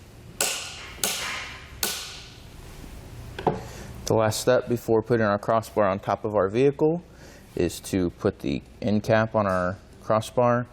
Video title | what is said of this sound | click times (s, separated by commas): etrailer - How to Set Up Your Yakima RidgeLine Roof Rack for Flush Rails on a 2019 Toyota Tacoma | lined up with the correct tick and tighten this down until we hear a torque wrench click three times the | 0.4 s, 1.0 s, 1.8 s